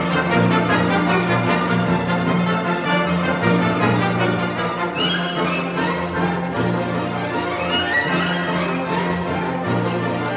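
Warm instrumental music plays steadily with a low sustained bass line, dense mid tones, and bright cymbal-like splashes recurring every second after halfway.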